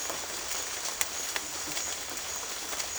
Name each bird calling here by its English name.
none